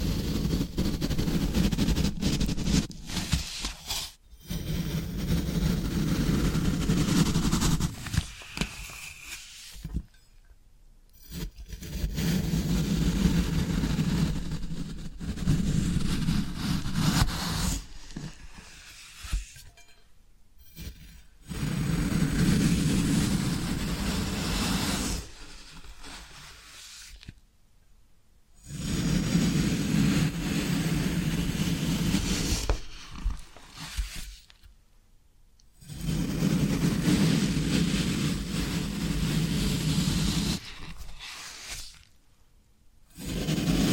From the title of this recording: Floral Foam Sounds